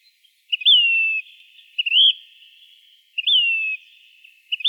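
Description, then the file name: Say's phoebe calling: plaintive down-slurred whistles, each about half a second, alternating with a short rising note, the pattern repeating roughly every two and a half seconds. Arizona. "SAPH 3 deviche"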